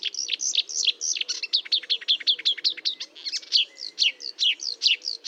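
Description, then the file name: Marsh warbler delivering a lively stream of scratchy chirps, slurred whistles and short buzzy notes in rapid, uneven succession. Recorded at Fontaine-Française (Fourneau), 1 June 2022 at 10:55, with a Nagra recorder and Telinga microphone. "Rousserolle verderolle 1055 Fontaine-Francaise-Fourneau"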